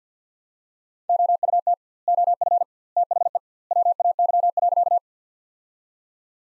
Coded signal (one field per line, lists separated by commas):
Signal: Morse code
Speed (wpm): 50 wpm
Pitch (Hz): 700 Hz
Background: none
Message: OUT OF THE WAY.